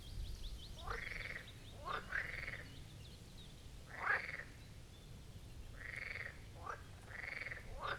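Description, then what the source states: Marsh frogs calling in short rattling croaks at intervals, a few sharper clicks between, with low rumbling background noise. Chorus of marsh frogs at the Birkensee, Schönbuch, Germany; recorded on one of the first hot summer days of 2023.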